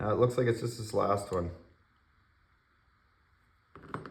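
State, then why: Seated. Someone talks for the first second and a half, then after a near-silent pause there's a quick cluster of small sharp ticks near the end as the last of several internal parts is guided into its seat in the housing of an LL4D Defence Innovation Pistelle X68 (MCS) less-lethal launcher pistol during reassembly. The loudest hit, at 3.9 s, is the part snapping into place, so it is seated.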